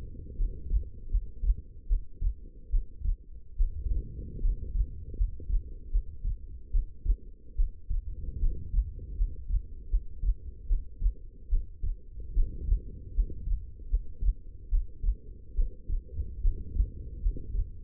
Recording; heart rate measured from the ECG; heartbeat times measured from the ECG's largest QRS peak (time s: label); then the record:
heart sounds by stethoscope; 75 bpm
0.37 s: heartbeat
1.10 s: heartbeat
1.87 s: heartbeat
2.70 s: heartbeat
3.57 s: heartbeat
4.41 s: heartbeat
5.16 s: heartbeat
5.91 s: heartbeat
6.71 s: heartbeat
7.56 s: heartbeat
8.39 s: heartbeat
9.16 s: heartbeat
9.89 s: heartbeat
10.67 s: heartbeat
11.49 s: heartbeat
12.34 s: heartbeat
13.14 s: heartbeat
13.89 s: heartbeat
14.69 s: heartbeat
15.55 s: heartbeat
16.42 s: heartbeat
17.21 s: heartbeat
From the record:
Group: healthy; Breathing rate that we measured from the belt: 15 breaths a minute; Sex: female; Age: 19 years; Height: 163 cm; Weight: 51 kg